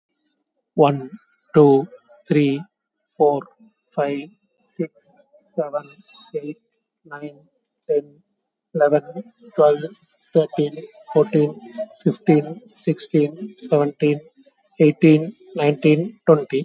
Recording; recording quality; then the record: counting at a normal pace; excellent, no background noise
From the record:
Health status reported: COVID-19 positive, no symptoms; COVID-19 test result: positive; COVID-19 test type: RT-PCR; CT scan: taken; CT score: 4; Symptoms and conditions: fever, diabetes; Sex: male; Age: 51 years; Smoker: no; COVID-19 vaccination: both doses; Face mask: worn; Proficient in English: yes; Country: India